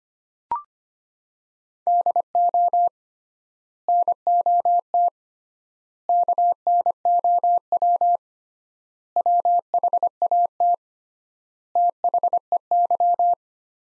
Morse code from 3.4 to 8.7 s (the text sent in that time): NOT KNOW